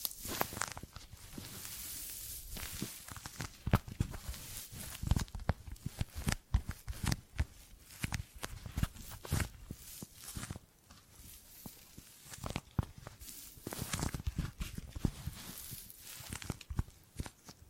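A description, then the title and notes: Gripping and grabbing sounds: dense, irregular clusters of scuffs, rustles and sharp clicks as hands seize and handle material, with brief pauses near ten and twelve seconds. The noise is bright and crisp, sometimes tearing-like. ASMR Brain Tingly Gripping and Grabbing Sounds for Sleep (No Talking).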